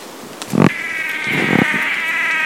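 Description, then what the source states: Swallow-tailed manakin display call: soft low thumps, then a drawn-out nasal buzzing tone that holds steady to the end. During the dance display; recorded at PESM; 4-5-13.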